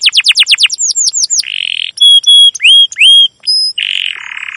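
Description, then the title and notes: Domestic canary song: quick descending sweeps, a buzzy roll, pure whistled notes and curved chirps, ending in another buzzy trill. Domestic canary with long, continuous chirping song used as a lure and master song for teaching young canaries to sing. "CUIT CUIT NGEROL LANGSUNG GACOR PANJANG Kenari Ini AMPUH Utk Pancingan KENAR ( 2). PANCINGAN Kenari GACOR PANJANG Cuit CUIT EMOSI ini AMPUH utk MASTERAN Kenari PAUD belajar BUNYI. burung kenari"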